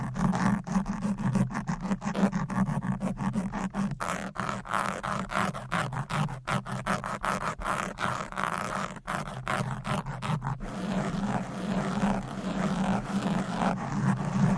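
Fast, aggressive scratching on a microphone, a dense rasping scrape that keeps up without pause for the whole stretch. Sharp clicks and brief dropouts break it up frequently through the first ten seconds, then it evens out into a steadier, slightly smoother rub.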